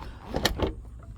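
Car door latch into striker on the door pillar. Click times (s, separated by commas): 0.5 s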